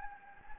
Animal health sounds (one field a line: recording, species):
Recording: mosquito wingbeat signal from an infrared sensor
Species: Anopheles gambiae